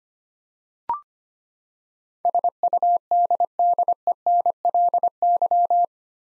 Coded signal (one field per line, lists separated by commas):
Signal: Morse code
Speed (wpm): 25 wpm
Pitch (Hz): 700 Hz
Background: none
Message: SUDDENLY